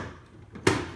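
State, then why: Seated. After the filters are cleaned and reinstalled, the plastic front panel of an indoor heat pump unit is swung closed. A faint knock at 0.6 s is followed by a sharp, loud click at 0.7 s as the panel latches shut, and it is seated.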